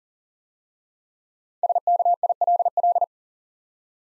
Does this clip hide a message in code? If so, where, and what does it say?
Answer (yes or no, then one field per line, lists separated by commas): yes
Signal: Morse code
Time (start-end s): 1.6-3.0 s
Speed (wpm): 39 wpm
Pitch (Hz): 700 Hz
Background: none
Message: SKILL